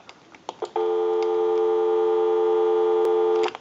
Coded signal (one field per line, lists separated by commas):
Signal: telephone call progress tone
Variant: North America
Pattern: dial tone